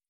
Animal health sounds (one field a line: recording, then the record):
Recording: hydrophone in a shrimp aquaculture tank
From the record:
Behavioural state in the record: feeding